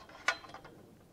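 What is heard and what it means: The inner section of a Snaplite extension pole is slid to the chosen hole and released, and its spring push-button pops out into the lock hole in the outer tube. A sharp, bright snap at 0.3 s is heard among softer handling sounds, and the button seats, locking the pole's length.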